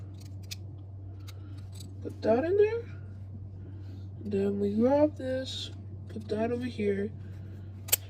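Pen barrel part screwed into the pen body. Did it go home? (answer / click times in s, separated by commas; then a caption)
yes / 7.9 s. A pen barrel part is screwed into the pen body while building a homemade pen launcher, and someone talks over a steady low hum with faint ticks. A sharp click at 7.9 s shows the part has seated into place, and the clicking means the part is good.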